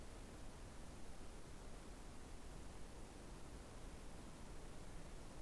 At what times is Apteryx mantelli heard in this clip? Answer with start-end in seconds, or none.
none